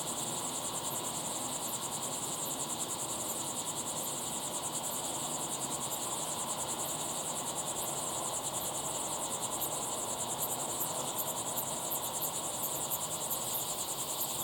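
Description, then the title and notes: Crickets chirping in a dense, steady chorus, with high shrill bands and scattered sharp ticks above them, over a soft continuous background hiss. Crickets chirping at sunset in the Timanfaya pyroclastic desert, Lanzarote; recorded in the field with ambisonic equipment, converted to binaural audio. "listen to the crickets at sunset in the incredible Timanfaya pyroclastic desert on the island of Lanzarote"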